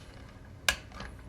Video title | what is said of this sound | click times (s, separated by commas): GI JOE Hasbro 1027 Segment 2023 – Clutch with VAMP | and you can hear it snap right in the place and | 0.7 s